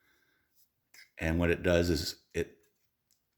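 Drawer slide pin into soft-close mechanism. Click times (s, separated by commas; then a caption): 0.9 s. As a kitchen drawer is closed, a pin on its slide catches the soft-close mechanism with a short click at 0.9 s, re-engaging the mechanism. Someone then talks, and a faint tick follows near the end.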